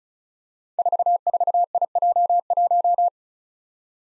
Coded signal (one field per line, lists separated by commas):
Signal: Morse code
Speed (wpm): 36 wpm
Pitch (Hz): 700 Hz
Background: none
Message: 44IJ1